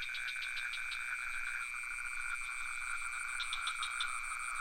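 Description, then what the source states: Crickets in a steady chorus of high, unbroken trills, with frogs adding short pulsed, rattling bursts at the start and near the end. Crickets with some frogs, recorded near the pond in Ubud, Sony PCM D50 with Rode NT4 microphone.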